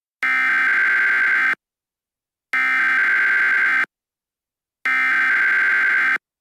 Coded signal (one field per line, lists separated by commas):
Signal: Emergency Alert System (SAME) tones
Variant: header bursts